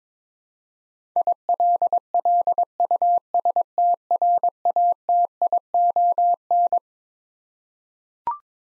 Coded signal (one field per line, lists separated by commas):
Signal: Morse code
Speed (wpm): 22 wpm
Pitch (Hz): 700 Hz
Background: none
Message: ILLUSTRATION